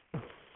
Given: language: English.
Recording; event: throat vibration sensor signal played as sound; cough